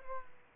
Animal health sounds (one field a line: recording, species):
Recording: mosquito wingbeat signal from an infrared sensor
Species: Culex pipiens